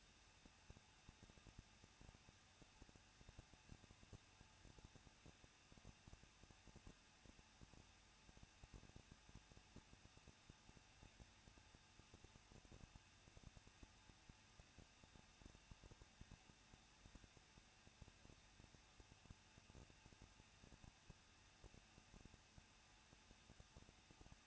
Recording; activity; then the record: daily activity, microphone in the room; no activity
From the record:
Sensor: 2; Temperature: 21.0 degrees Celsius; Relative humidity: 37.3%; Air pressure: 1006.4 hPa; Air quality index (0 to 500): 220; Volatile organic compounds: 23 ppm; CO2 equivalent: 2778 ppm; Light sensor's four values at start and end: 2/3/2/2 and 2/3/2/2